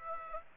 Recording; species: mosquito wingbeat signal from an infrared sensor; Aedes aegypti